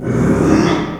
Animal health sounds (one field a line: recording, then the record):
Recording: squeal of a Yucatan mini pig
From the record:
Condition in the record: after surgery on the right vocal fold (resection and tissue-engineered implant)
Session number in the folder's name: 3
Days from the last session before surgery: 33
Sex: male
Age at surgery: 12 weeks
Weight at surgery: 13 kg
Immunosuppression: cyclosporine, prednisolone